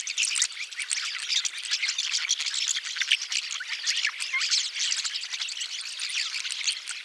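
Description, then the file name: Rosy starling song, loud continuous grating chatter with harsh squawky notes and fast clicking rattles. "jalak mawar"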